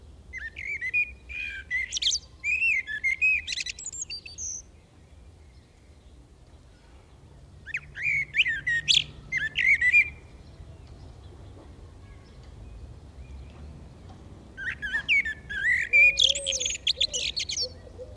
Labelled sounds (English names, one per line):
Common Blackbird song